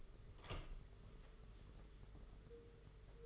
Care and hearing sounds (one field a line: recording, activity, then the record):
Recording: daily activity, microphone in the room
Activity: open door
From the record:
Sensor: 4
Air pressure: 992.4 hPa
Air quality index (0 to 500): 112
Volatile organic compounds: 20 ppm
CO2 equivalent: 2703 ppm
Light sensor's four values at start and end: 21/73/26/28 and 20/70/26/27